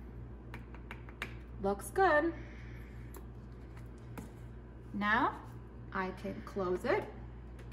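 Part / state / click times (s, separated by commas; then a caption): detergent dispenser lid into dishwasher door dispenser / not seated / none. A plastic detergent dispenser lid in a dishwasher door dispenser is handled after detergent has been scooped into the cup, but it has not snapped shut yet. Someone talks while a series of short, sharp taps and clicks is heard, with the loudest at about 1.2 s. Nothing has seated or clicked yet.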